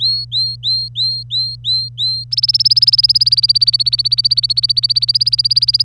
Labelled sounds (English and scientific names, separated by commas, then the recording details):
Domestic Canary (Serinus canaria) song
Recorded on 25 April 2018 at 08:30
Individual llb3